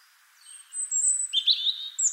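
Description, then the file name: European robin: very high sustained whistle leading into a fluttering warbled note, brief and clear. "Erithacus rubecula"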